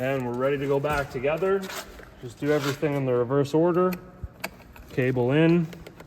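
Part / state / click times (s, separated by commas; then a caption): door release cable end into inner door handle / not seated / none. Someone talks while handling the door latch release cable end at the back of the inner door handle on a 2008-2018 Dodge Caravan, with a few short sharp ticks between the words. Nothing has seated or clicked yet; the cable is not yet popped into place when the clip ends.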